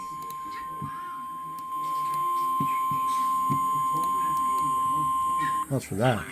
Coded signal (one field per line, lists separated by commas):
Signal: Emergency Alert System (SAME) tones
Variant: 1050 Hz attention tone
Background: speech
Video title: The buncha Fludz returns. | EAS Alerts from 6/14-15/25 | EAS#2,133-2,168